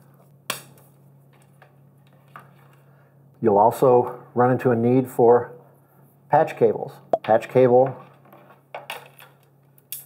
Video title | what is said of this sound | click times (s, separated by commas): Tools Required to Install Ethernet Cable: The Full Guide 2024 | they just snap into place | 0.5 s